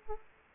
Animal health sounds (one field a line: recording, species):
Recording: mosquito wingbeat signal from an infrared sensor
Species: Aedes aegypti